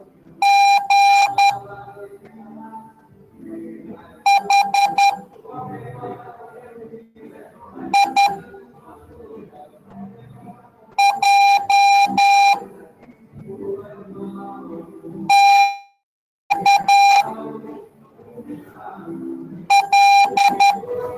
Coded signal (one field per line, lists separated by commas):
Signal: Morse code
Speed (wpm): 10 wpm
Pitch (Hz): 800 Hz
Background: none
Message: GHIJ TAL